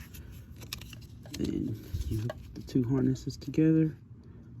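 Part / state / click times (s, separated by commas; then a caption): wiring harness connector into the mating harness connector / not seated / none. A wiring harness connector is handled against its mating harness connector on a 2009–2014 F-150 rear window, and brief sharp ticks and light plastic handling sounds are heard while someone talks. Nothing has seated or clicked yet; the connectors are not yet home.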